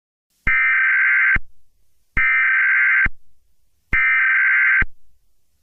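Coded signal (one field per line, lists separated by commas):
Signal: Emergency Alert System (SAME) tones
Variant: header bursts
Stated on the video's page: Fictional EAS scenario.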